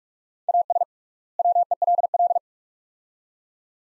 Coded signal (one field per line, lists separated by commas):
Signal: Morse code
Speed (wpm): 45 wpm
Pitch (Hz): 700 Hz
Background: none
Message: AS WELL